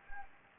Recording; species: mosquito wingbeat signal from an infrared sensor; Anopheles gambiae